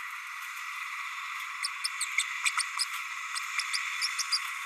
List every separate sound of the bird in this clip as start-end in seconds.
1.84-1.88, 2.00-2.05, 2.18-2.23, 2.44-2.50, 2.58-2.62, 4.01-4.08, 4.18-4.22, 4.32-4.38